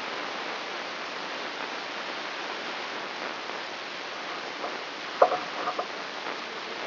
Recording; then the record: brain microelectrode recording played as sound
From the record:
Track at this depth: outside the subthalamic nucleus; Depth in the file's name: 7.26 mm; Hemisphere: left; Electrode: 3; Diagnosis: Parkinson's disease